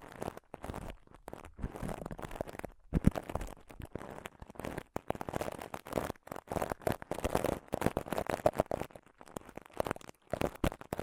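Scratching and touching on a microphone, a dense run of rough, rustling strokes that start and stop in quick bursts with brief silent gaps. The strokes are mostly low and muffled, with a few sharper, brighter scrapes, and a louder knock just after three seconds.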